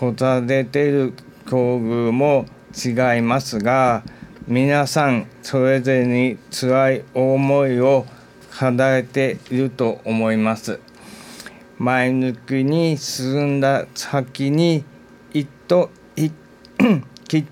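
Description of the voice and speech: Slow, pause-broken Japanese speech from an adult man, with substituted consonants and distorted words: aphasia following a brain haemorrhage, in which words would not come out.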